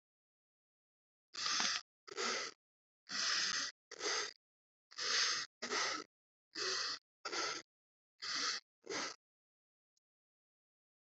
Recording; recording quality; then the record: shallow breathing; excellent, no background noise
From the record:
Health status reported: respiratory illness, not identified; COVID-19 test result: negative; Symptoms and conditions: cough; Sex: male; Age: 28 years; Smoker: not ticked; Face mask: not worn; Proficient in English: no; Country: India